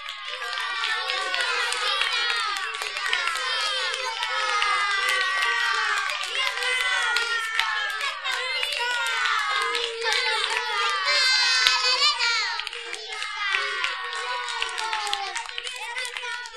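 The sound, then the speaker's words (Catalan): A crowd of townspeople claps and cheers steadily to congratulate the flute player who brought the children back to the town, many high voices shouting and whooping together, some sounding like children, holding a loud, busy roar from start to finish. “Quan van arribar, tots van aplaudir i felicitar el flautista.”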